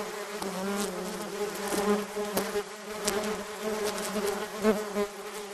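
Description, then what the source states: Bee swarm hum, continuous and layered. Recordist surrounded by a bee swarm.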